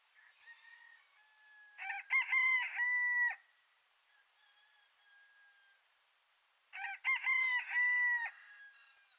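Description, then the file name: Rooster crowing twice, each a loud harmonic cock-a-doodle-doo with a stuttering start and a long drawn final note, separated by a few seconds of quiet. "El Gallo"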